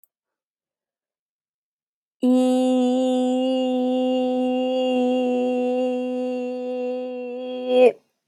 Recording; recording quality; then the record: sustained vowel as in beet; excellent, no background noise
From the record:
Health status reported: healthy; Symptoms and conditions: none ticked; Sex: female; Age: 36 years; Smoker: not ticked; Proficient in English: yes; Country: United States